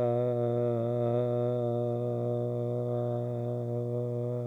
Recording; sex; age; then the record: sustained vowel /a/; male; 20 to 29 years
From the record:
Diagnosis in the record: healthy control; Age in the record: 25 years